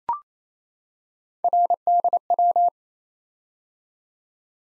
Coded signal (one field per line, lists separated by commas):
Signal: Morse code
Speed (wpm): 29 wpm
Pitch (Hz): 700 Hz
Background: none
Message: RDW